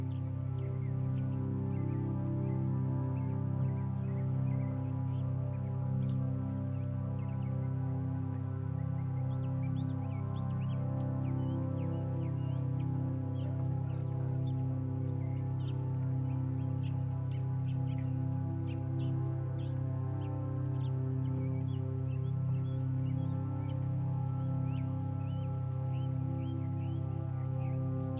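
Birds chirp in brief, scattered calls over a steady, heavy low hum of boats passing in the distance, with a constant thin high whine throughout.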